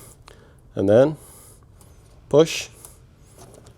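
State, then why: Released. The lock on the second wiring harness connector on the front bumper of a Tesla Model Y Juniper Premium is pulled back before the connector is unplugged. Someone talks, and a very small click is heard at 2.9 s as the lock clicks open, releasing the connector.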